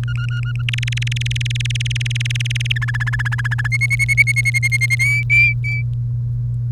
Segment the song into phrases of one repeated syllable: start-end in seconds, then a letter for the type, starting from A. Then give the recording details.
0.03-0.62 A, 0.69-2.72 B, 2.76-3.67 C, 3.72-4.95 D, 4.99-5.82 E. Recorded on 1 May 2018 at 05:43. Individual llb3